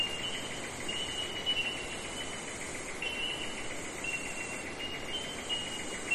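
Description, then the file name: Bell Miner calls, bright tinkling notes ringing over a continuous bell-like chorus, with dense high insect droning behind. Forest ambience in eastern Australia during summer, with insects. "nature forest ambience eastern australia summer bell minors insects. zapsplat"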